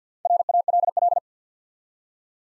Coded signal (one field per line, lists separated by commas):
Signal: Morse code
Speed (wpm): 48 wpm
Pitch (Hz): 700 Hz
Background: none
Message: RALL